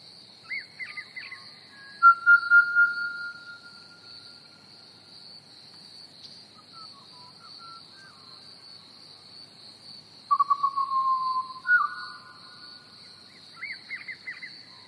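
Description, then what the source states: Pied Butcherbird singing several separate phrases of mellow, flute-like whistles, some long and level, others quick and descending, with a steady cricket trill throughout. Recorded together with chirping crickets.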